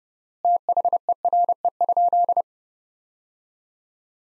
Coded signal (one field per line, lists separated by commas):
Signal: Morse code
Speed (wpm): 30 wpm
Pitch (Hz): 700 Hz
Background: none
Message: THERE?